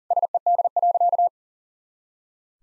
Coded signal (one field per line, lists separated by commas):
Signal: Morse code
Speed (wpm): 37 wpm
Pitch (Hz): 700 Hz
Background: none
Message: SED.